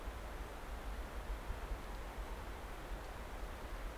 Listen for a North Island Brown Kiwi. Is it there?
no